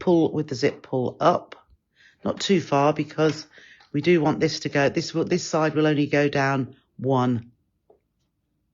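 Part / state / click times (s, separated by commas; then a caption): zip slider onto zipper tape of fabric pencil case / not seated / none. Someone talks while refitting a zip slider onto the ends of the zipper tape of a fabric pencil case, having put the left side in first and pushed it down, then pulling the slider up so the other side will engage one tooth. A faint brief sound comes near the end, but the slider has not yet clicked onto the zip teeth and nothing has seated.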